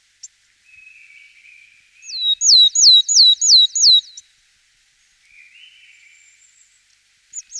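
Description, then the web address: Willow tit song: five clear, high whistled notes, each sliding downward, evenly spaced about three per second, with faint thin sounds before and after. "gesang. roche. weidenmeise"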